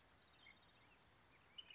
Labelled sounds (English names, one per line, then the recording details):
Blue-gray Gnatcatcher
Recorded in Sonoma County, California